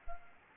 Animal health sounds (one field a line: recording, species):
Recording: mosquito wingbeat signal from an infrared sensor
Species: Anopheles gambiae